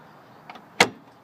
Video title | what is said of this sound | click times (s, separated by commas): Michael Hanley 12/9/14 Drivers Ed project | and when we put it back you want to make sure it clicks right back in there because | 0.8 s